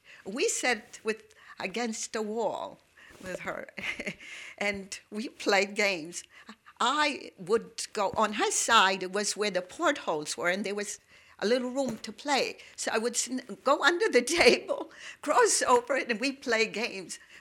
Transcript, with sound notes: We sat against the wall with her. ( she laughs ) And we played games. I would go, on her side was where the portholes were, and there was a little room to play, so I would go under the table, cross over, and we'd play games.